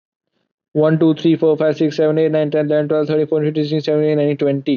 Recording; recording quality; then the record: counting at a fast pace; excellent, no background noise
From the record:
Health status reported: COVID-19 positive, mild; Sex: male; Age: 24 years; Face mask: not worn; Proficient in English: yes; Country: India